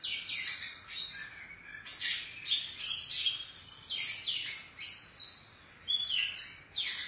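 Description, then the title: Oriental magpie-robin singing a steady series of whistled and grating phrases with short gaps, over a light hiss. Chirping song (kicauan) of the bird. "Suara Kicauan Burung Kacer Durasi Panjang"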